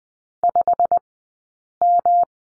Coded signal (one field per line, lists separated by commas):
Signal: Morse code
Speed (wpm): 20 wpm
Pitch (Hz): 700 Hz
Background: none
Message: 5M